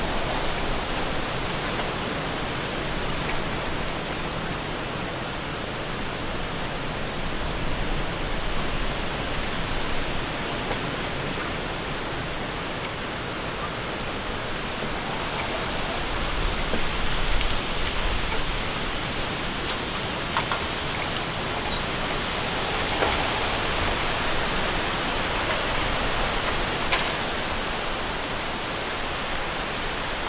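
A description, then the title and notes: Strong wind rushes steadily through a bamboo forest, a dense, unbroken hiss that fills the low and high range alike. The roar swells slightly around seventeen seconds, and faint brief rustles and taps flicker through it now and then. Stronger Winds in a Bamboo Forest.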